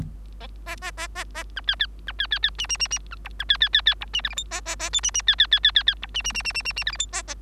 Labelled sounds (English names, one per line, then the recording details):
Bengalese Finch song
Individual Bird3